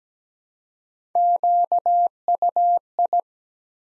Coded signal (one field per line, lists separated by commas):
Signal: Morse code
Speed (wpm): 17 wpm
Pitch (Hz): 700 Hz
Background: none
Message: QUI